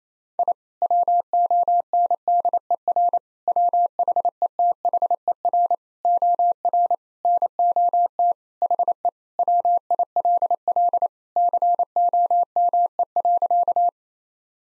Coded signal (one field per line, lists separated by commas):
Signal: Morse code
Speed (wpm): 27 wpm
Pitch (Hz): 700 Hz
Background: none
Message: I WONDER WHETHER OR NOT HE WILL COME.